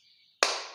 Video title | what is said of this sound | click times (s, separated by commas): #Vhf Sets(Walkie-Talkie) Practical&Theoretical All information Provided in only 1 video in hindi#how | बिल्कुल lock हो गई है | 0.4 s